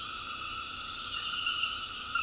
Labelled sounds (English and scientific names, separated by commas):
none